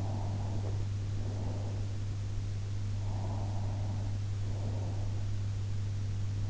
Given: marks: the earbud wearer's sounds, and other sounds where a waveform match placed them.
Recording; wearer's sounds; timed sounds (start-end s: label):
sounds in sleep by an in-ear microphone; breath
0.02-2.10 s: breath
2.86-5.65 s: breath